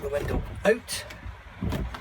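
A campervan window on a CaraOne 390QD is pushed outward on its click-stay mechanism in the window frame while someone talks. Soft handling sounds and low rumble sit under the voice. The stay has not clicked or locked open yet.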